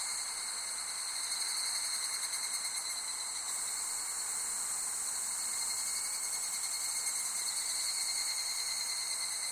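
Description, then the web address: Insects shrilling continuously in a layered high chorus; one pulsing voice stops after a few seconds while the rest carry on evenly. Summer ambience of insects in Japan. "Sound Effects-Foundation 1 AMBIENCE JAPANESE SUMMER INSECTS"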